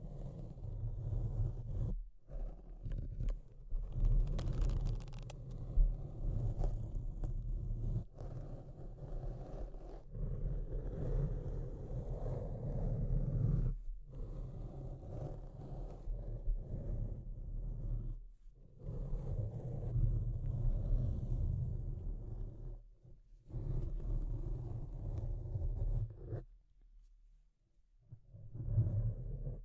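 Deep scratching runs in long, dense stretches of low, rumbling scraping, heavy around the bottom with a rough grainy layer above. The strokes stop briefly at irregular moments, around 2, 14, 18, 23 and 26 seconds, then resume, with a longer pause near the end.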